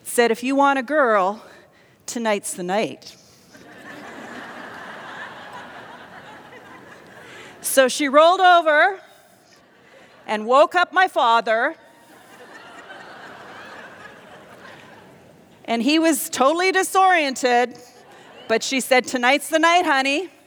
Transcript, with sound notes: said, “If you want a girl, tonight’s the night.” (laughter) So she rolled over and woke up my father, and he was totally disoriented, but she said, “Tonight’s the night, Honey.”